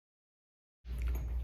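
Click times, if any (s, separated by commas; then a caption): 1.0 s, 1.1 s. A drill with its clutch reset to 14 drives a 3 inch construction screw through a Spyder Mach Blue Phillips bit, starting after about 0.8 seconds of silence with a low motor drone. Sharp ticks at 1.0, 1.1 and 1.2 seconds are the bit camming out of the screw head, leaving it stripped.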